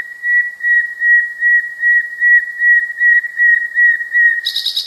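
Nightingale song: a steady whistled tone pulsing about two and a half times per second, ending in a brief burst of harsh, buzzy notes.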